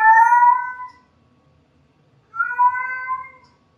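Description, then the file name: Cat giving two clear meows separated by a pause of over a second, the first falling away, the second steadier and slightly wavering. "Diddlebopp The Cat Meowing"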